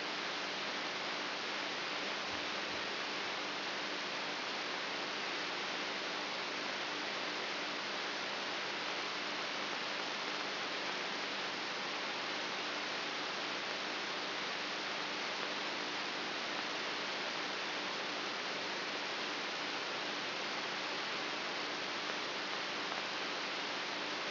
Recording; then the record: brain microelectrode recording played as sound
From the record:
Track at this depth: inside the subthalamic nucleus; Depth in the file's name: 2.64 mm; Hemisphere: right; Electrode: 3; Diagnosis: Parkinson's disease